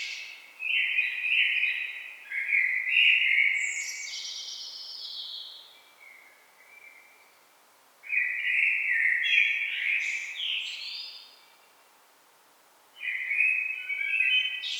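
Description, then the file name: Common blackbird delivering several song phrases, mellow fluted notes running into high thin twitters, with brief silences between. "Turdus merula"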